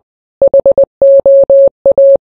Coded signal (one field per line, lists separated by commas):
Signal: Morse code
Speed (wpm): 20 wpm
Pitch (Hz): 550 Hz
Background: none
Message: HOA